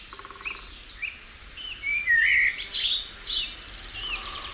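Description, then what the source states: Common blackbird song, mellow whistled phrases that slide up and down, followed by high squeaky twittering flourishes. Fourth blackbird, recorded at Montejo de la Sierra, Madrid; it builds its song phrase by phrase, adding notes until it has its sequence, then repeats it for life to mark its territory.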